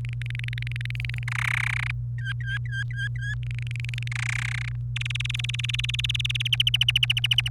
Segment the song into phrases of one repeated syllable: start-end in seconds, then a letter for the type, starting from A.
0.04-1.24 A, 1.28-1.91 B, 2.18-3.35 C, 3.43-4.08 A, 4.11-4.69 B, 4.96-6.48 D, 6.52-7.49 E